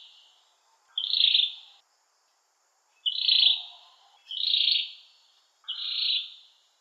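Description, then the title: Oriental magpie-robin singing four whistled phrases, each about a second long, separated by short pauses. "Kicau Kacer"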